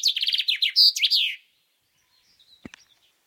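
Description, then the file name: Common chaffinch song: the tail of a rapid, descending trilled phrase ending in a sharp flourish, followed by quiet and a single soft click. "Fringilla coelebs"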